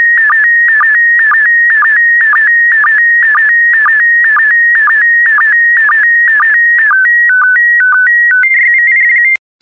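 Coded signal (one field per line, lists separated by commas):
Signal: SSTV (slow-scan television)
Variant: PD120 mode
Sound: steady high whine broken by short low blips twice a second, then warbling stepped tones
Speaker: 5, 4, 3, 2, 1. Thank you. Transmission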